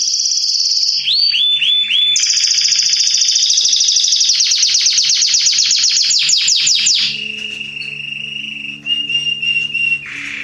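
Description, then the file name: Canary song: a loud, continuous run of high trills, with downslurred whistled notes, sustained buzzy rolls and rapid repeated notes, ending in a quieter lower roll, with faint low hum beneath. "Canary Voice"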